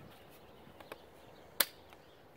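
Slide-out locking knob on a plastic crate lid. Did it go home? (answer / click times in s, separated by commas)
yes / 1.6 s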